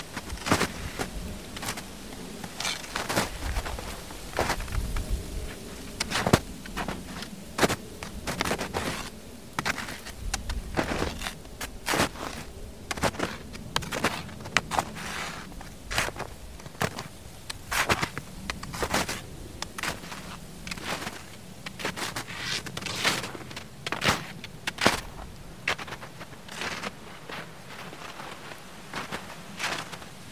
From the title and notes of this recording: Steps in Ice & Snow (Sleep & Study Soundscapes). Steps and walking in ice and snow.